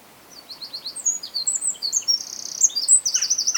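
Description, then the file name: Eurasian wren singing a fast, high, tumbling series of sharp notes that run into a ringing, quickly repeated trill, loud against a quiet background. "Troglodytes troglodytes"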